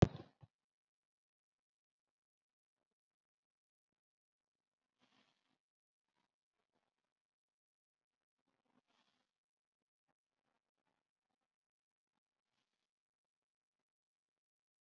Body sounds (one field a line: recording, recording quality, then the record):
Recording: shallow breathing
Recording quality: moderate, slight background noise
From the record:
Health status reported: COVID-19 positive, moderate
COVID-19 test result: positive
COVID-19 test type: RT-PCR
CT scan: not taken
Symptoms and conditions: cough, fatigue, muscle pain, pneumonia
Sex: female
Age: 68 years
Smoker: no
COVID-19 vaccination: none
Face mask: worn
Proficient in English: no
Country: India